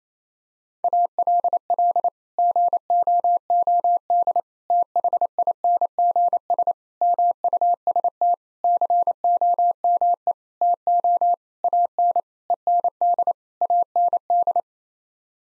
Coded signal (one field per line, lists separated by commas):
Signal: Morse code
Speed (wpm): 28 wpm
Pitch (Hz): 700 Hz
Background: none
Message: ALL GOOD THINGS MUST COME TO AN END AND